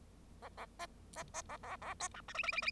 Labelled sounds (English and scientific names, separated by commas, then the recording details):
Bengalese Finch (Lonchura striata domestica) song
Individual Bird0